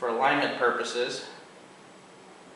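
A man talks for about the first 1.3 seconds while the metal Rotex aft cover of an aircraft engine is handled against the machined engine-to-propeller adapter of a Yamaha RX1 snowmobile engine to aircraft conversion. The cover is being slid onto the adapter's alignment shoulder, followed by a low, steady background hiss. Nothing has seated or snapped into place yet.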